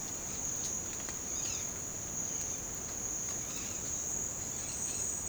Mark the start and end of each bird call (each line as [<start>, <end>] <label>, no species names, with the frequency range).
[1.31, 1.71] bird call (1.4-6.0 kHz)
[3.22, 5.15] bird call (0.8-5.6 kHz)